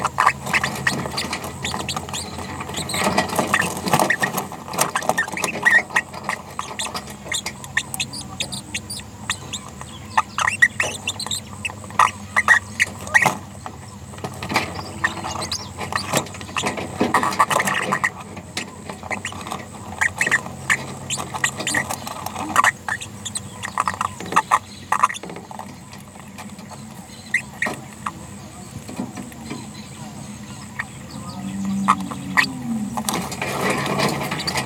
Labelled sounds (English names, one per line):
Green-rumped Parrotlet babbling